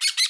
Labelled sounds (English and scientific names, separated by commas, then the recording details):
Brown-throated Parakeet (Eupsittula pertinax) contact call
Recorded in Bonaire
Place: 1 km E of roosting area just N of Seru Largu
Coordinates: 12.199, -68.268